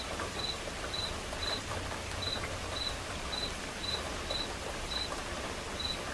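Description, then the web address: Cricket chirps, clipped high notes repeated with small gaps, over a background of light rainfall. Crickets chirping as accompaniment to a quiet rain. "som de chuva silenciosa com acompanhamento de grilos"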